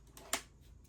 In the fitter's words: Just like that, you hear it lock into place.